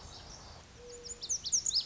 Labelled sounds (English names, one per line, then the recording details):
Lazuli Bunting
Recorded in Sonoma County, California